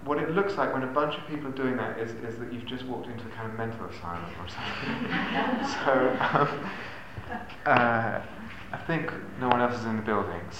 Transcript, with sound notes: what it looks like when a bunch of people are doing that is that you've just walked into a kind of mental asylum or something. [laughter] I think no one else is in the building, so...